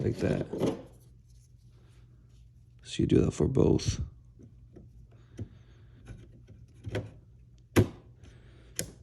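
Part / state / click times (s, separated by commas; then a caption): DDR4 memory module into motherboard DIMM slot / seated / 7.8 s, 8.8 s. A second DDR4 memory stick is lined up and pressed into its DIMM slot on a motherboard while someone talks. After some light handling noise, sharp clicks at 7.8 s and 8.8 s mark the latches snapping shut as the module seats.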